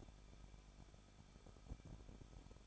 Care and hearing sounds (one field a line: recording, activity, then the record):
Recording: daily activity, microphone in the room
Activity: no activity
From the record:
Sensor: 5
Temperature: 20.8 degrees Celsius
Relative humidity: 38.3%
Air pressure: 1006.6 hPa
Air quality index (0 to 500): 186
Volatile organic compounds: 18 ppm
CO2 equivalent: 2609 ppm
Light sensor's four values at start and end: 2/3/1/1 and 2/3/1/1